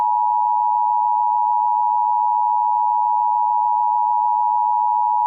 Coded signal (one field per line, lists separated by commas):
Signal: Emergency Alert System (SAME) tones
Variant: 853 and 960 Hz attention tone